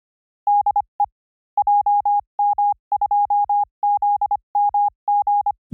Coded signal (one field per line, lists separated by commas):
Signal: Morse code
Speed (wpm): 25 wpm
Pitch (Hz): 820 Hz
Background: none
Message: DE JM2ZMG